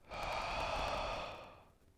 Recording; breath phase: one breath near a microphone; exhalation